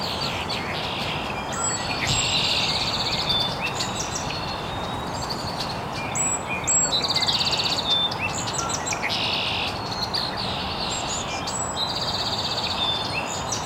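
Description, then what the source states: Birds chirping in a busy chorus, buzzy high trills and repeated chirps coming in bursts over a constant hiss. Birds chirping very early in the morning in an estuary.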